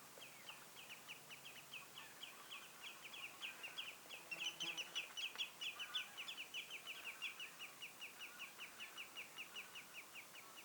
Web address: paivat 1 8 2026 valkovikloja ilm nuoria